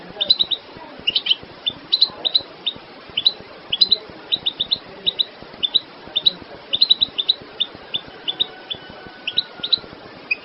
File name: goldfinch